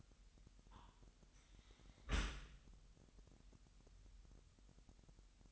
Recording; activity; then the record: daily activity, microphone in the room; close dishwasher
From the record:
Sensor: 3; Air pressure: 998.2 hPa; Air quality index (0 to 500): 151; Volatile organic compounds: 5 ppm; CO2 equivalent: 1804 ppm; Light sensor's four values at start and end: 13/38/15/14 and 13/38/15/14